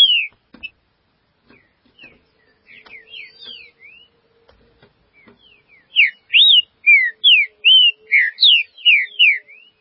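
Green-winged saltator song: faint scattered whistles at first, then a loud, fast series of about ten sharp slurred whistled notes in the second half.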